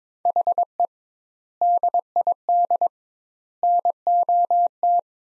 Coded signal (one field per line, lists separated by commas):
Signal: Morse code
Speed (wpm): 22 wpm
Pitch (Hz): 700 Hz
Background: none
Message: HE DID NOT